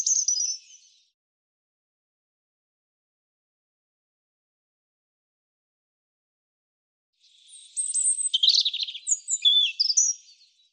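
European robin song: a brief high warble at the start, long silence, then a hurried, scratchy jumble of thin whistles and trills near the end.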